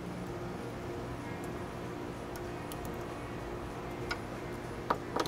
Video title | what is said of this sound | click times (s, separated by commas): GTS OLED Style Tail Lights - BLACK EDITION for BMW F80 M3 and F30 | and you'll you'll feel a nice little click that there that they bit | 4.9 s